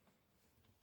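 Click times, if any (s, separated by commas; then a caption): none. A part of a collectible ship model is pushed toward its mating part, where a small snap will show it is correctly in place before it is screwed down. Only quiet handling noise is heard, rising into a short louder burst at 0.8 s as the clip ends. Nothing has seated or clicked yet.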